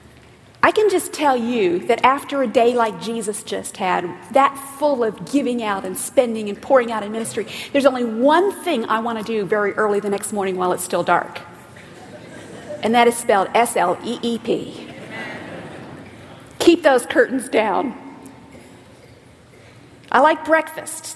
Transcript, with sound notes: I can just tell you that after a day like Jesus just had, that full of giving out and spending and pouring out in ministry, there’s only one thing I want to do very early the next morning while it’s still dark, and that is spelled S-L-E-E-P. (laughter) Keep those curtains down. I like breakfast.